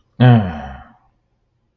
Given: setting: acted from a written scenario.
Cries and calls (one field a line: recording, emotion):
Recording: vocal sound without words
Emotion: disgust